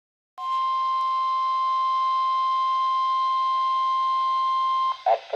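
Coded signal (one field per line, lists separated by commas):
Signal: Emergency Alert System (SAME) tones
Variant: 1050 Hz attention tone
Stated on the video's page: Real severe weather alerts with valid SAME headers.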